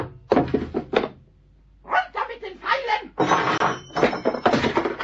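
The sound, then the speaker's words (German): A hammer is thrown down and hits the floor with a single heavy thunk and a brief metallic ring, while a voice keeps talking loudly before and after the impact. “Nein, nichts hebe ich auf, nichts, runter mit dem Hammer.”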